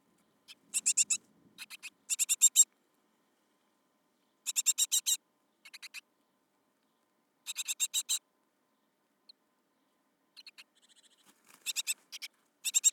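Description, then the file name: Great tit scolding churr, dry rattling bursts of fast clicks in several groups separated by silent gaps. "Parus major"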